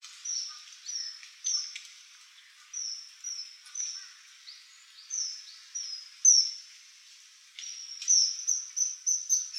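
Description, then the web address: Common kingfisher calling with sharp, high-pitched whistled notes, irregularly spaced singly and in pairs, ending in a quicker run of piercing peeps. Recorded on 25 April 2014. "birdenaga kawasemi"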